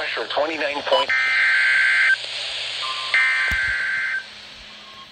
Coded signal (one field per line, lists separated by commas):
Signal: Emergency Alert System (SAME) tones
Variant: header bursts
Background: speech